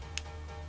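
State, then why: Seated. The pins of a smartwatch strap clasp are pushed into the strap holes and pressed down onto the silver plate. A short, sharp tick at 0.2 s marks the clasp locking into place over a steady low background hum. The clasp is seated.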